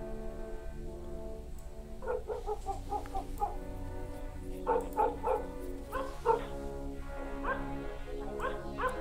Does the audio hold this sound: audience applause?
no